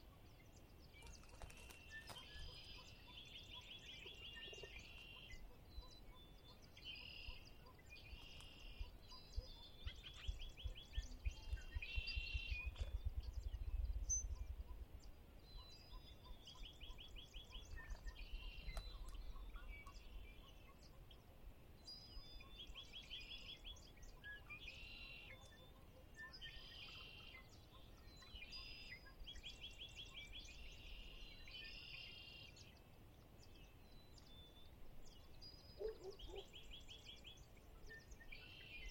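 A spring dawn at Conner's Lake: birdsong chirps and trills keep coming throughout, over a low rumble that swells briefly around thirteen seconds.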